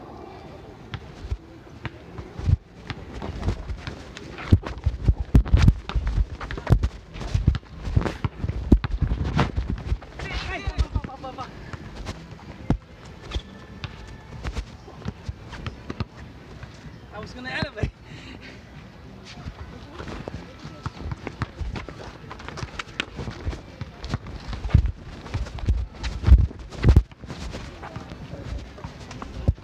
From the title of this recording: Basketball at Sunset Park, Brooklyn